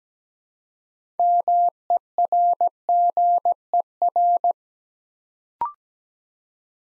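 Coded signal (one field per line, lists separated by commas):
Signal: Morse code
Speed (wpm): 17 wpm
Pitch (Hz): 700 Hz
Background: none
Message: MERGER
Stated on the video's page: Morse practice at 17wpm building 6-letter words three letters at a time, for beginners working on instant character recognition.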